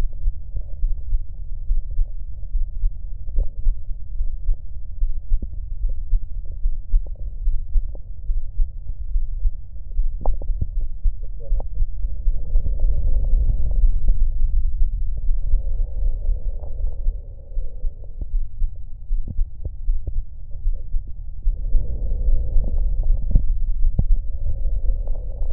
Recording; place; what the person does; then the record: lung sounds by stethoscope; right anterior apical chest; quiet breathing, then deep breathing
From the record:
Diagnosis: none (healthy); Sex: male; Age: 35 years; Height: 186 cm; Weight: 108 kg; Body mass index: 31.2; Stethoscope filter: extended mode